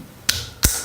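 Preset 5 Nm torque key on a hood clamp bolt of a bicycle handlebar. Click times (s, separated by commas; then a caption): 0.3 s, 0.7 s. A preset 5 Nm torque key with a 4 mm Allen bit tightens a brake hood (shifter) clamp bolt on a road bike handlebar. It gives two sharp clicks at 0.3 s and 0.65 s as it reaches its setting, which stops the bolt from being over-tightened.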